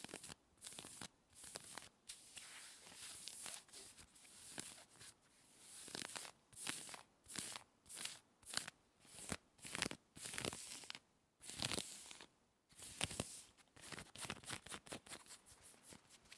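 Rough scratching on jean fabric, made in quick, uneven strokes with short gaps between them. Each stroke is a dry, bright rasp, some longer and louder, with scattered sharp ticks. The bursts keep coming throughout, with a few brief pauses near the middle.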